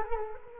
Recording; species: mosquito wingbeat signal from an infrared sensor; Culex quinquefasciatus